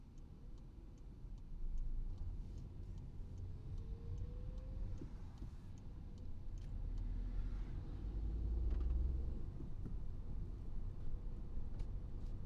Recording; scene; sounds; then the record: everyday scene through a hearing-aid microphone; in a vehicle; engine, traffic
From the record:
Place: Skoda Fabia, gasoline engine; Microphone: in the ear canal, right